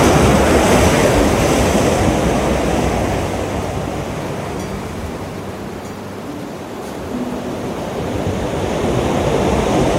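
Ocean waves wash in a dense, steady roar with wind mixed through, the sound full across lows and highs. The surf eases slightly in the middle, softest around six seconds, then swells back toward the end.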